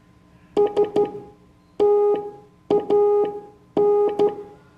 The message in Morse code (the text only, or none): STAN